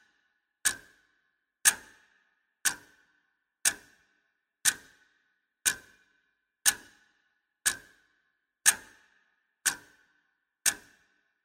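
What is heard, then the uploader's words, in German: A wall clock ticks steadily, one sharp click about every second, eleven in all. Each tick is crisp, with a brief metallic ring that fades quickly. Between ticks there is near silence and no other sound. Dies ist ein sehr beruhigender Ton einer tickenden Wanduhr. Der Beruhigende Ton Einer Tickenden Wanduhr.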